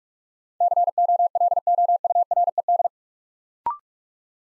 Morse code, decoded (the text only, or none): COLOURED